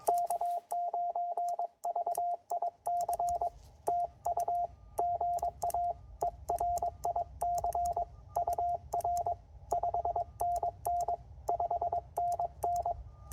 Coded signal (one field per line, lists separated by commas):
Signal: Morse code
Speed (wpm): 21 wpm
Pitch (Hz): 700 Hz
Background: radio noise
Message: K9VIC TU GA ERIC UR 5NN 5NN